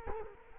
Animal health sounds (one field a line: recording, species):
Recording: mosquito wingbeat signal from an infrared sensor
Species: Culex quinquefasciatus